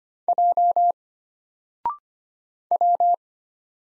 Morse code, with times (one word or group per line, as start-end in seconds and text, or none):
0.3-0.9 J
2.7-3.1 W